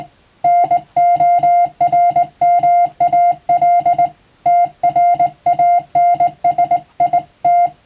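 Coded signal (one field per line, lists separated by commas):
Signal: Morse code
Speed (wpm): 20 wpm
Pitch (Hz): 700 Hz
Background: music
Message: NORMAL TRANSIT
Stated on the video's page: Morse practice recorded from amateur radio on the air.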